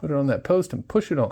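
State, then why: Not seated. During a rear ABS sensor replacement on a 2015–2023 Jeep Renegade, the plastic clip holding the sensor is being put onto a stud post on the car body to be pushed on. Someone talks throughout, and nothing has seated or clicked yet.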